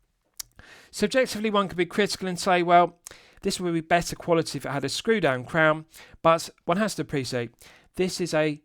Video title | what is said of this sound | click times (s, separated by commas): Nivada Grenchen Chronoking Racing Blue 4K Watch Review | Pushing it back in, it's got a nice positive click, and that reinstates the 100 meters of hermetic seal. | 0.4 s